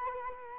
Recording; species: mosquito wingbeat signal from an infrared sensor; Culex quinquefasciatus